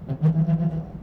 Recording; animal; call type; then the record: contact call of a hoofed animal; goat; low-frequency (closed-mouth) or high-frequency (open-mouth) call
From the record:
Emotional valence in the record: positive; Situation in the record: food anticipation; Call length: 1.02 s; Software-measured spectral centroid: 760 Hz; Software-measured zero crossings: 410 a second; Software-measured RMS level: -23 dBFS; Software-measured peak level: -14 dBFS